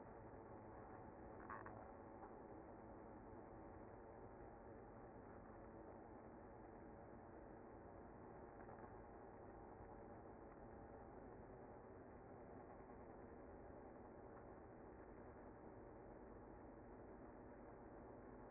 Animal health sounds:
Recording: honeybee colony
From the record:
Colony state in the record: active

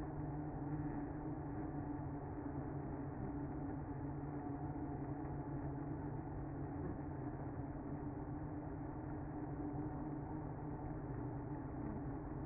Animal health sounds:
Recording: honeybee colony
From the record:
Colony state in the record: active

